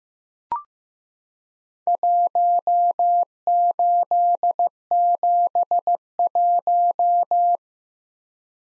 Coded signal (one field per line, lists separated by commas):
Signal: Morse code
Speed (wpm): 15 wpm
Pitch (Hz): 700 Hz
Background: none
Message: 1871